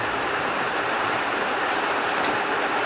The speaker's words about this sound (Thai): เดี๋ยวพอฝนหยุดแล้วเราจะมาสนทนาธรรมกันต่อตอนนี้ฝนก็ใกล้จะหยุดแล้ว